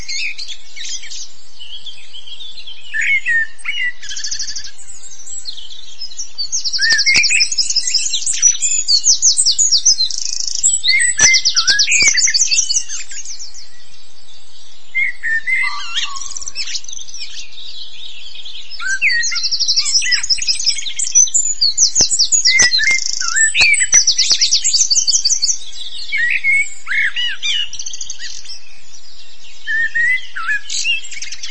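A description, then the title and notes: A dawn chorus of birdsong, with many overlapping chirps, trills and whistles filling the upper range almost without pause. The singing swells in two busier, louder stretches, around 6–13 and 19–26 seconds, with a few sharp clicks and ticks scattered throughout. Experience the Dawn Chorus. Sit back and immerse yourself in the rich and vibrant sounds of birdsong from the Dorset Beaver Project site and reconnect with nature.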